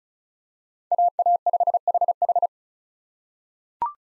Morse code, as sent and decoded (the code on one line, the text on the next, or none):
.- .- ..... .... ....
AA5HH